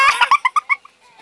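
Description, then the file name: Chipmunk giving a quick run of several short clucking notes, then quiet. "burunduk 2015 7 6"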